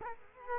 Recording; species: mosquito wingbeat signal from an infrared sensor; Culex quinquefasciatus